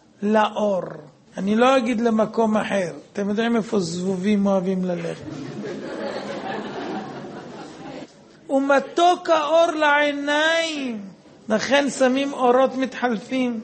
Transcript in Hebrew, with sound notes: לאור, אני לא אגיד למקום אחר... אתם יודעים איפה זבובים אוהבים ללכת (הרב מחייך, הקהל צוחק...) "וּמָתוֹק הָאוֹר וְטוֹב לַעֵינַיִם" (קהלת יא ז) לכן שמים אורות מתחלפים...